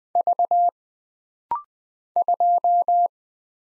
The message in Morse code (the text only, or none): V 2